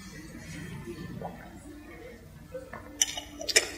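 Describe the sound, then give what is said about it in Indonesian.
A few sharp, bright glassy clinks ring out near the end as a drinking glass is picked up to drink from, over a low murmur of background voices. “Hakul yakin itu gelasnya saya ambil terus saya minum.”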